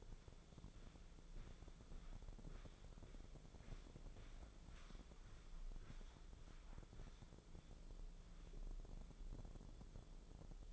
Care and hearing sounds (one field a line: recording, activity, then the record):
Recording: daily activity, microphone in the room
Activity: walk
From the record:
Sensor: 5